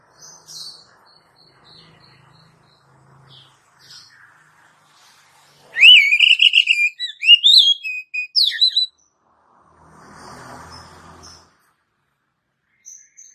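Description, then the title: Oriental magpie-robin gives one rich whistled phrase of wavering and rising notes, surrounded by faint chirps and a brief soft rustling noise afterward. "Kacer"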